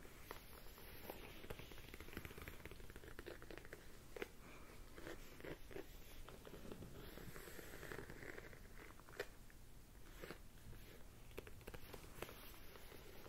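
Layered sounds and hand movements form a dense, steady rustle packed with quick crackling clicks, with sharper snaps near four, nine and twelve seconds.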